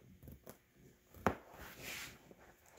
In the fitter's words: Okay, hear it pop through the seat side.